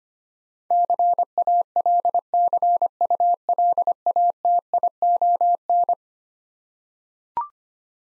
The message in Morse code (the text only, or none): CALCULATION